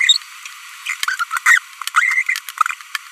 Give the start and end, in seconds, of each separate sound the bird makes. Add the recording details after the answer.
0.00-0.17, 0.87-0.94, 1.19-1.24, 1.46-1.58, 1.95-2.23. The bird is a female. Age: 25 days. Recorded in a nest box in Venezuela. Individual 17B42B1